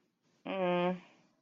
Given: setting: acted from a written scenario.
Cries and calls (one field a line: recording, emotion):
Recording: vocal sound without words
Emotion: neutral